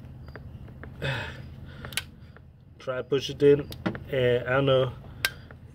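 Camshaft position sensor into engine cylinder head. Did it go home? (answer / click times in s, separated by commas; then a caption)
yes / 5.2 s. A replacement camshaft position sensor for bank 1 and 2 on an 08 Maxima is pushed by hand into its bore in the engine cylinder head while someone talks over faint small taps. A sharp click at 5.3 seconds marks the sensor seating in place.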